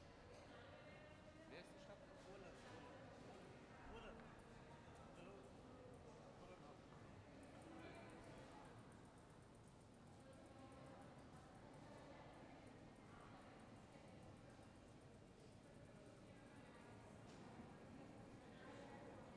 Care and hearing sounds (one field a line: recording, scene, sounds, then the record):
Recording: everyday scene through a hearing-aid microphone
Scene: reverberant space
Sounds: background noise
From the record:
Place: railway station hall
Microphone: behind the ear, left, front